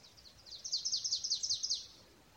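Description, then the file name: Marsh tit gives a single quick run of high, sharp notes lasting about a second, with faint hiss behind. "Poecile palustris"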